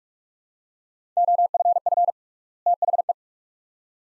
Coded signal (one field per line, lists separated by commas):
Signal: Morse code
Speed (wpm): 42 wpm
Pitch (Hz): 700 Hz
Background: none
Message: OFF THE